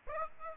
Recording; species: mosquito wingbeat signal from an infrared sensor; Aedes aegypti